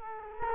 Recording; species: mosquito wingbeat signal from an infrared sensor; Culex quinquefasciatus